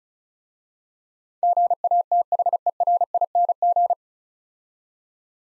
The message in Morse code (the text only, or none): GATHERING